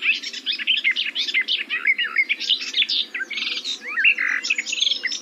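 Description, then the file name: Garden warbler giving a steady, rapid babbling warble over a low background hum. "GAJÓWKA"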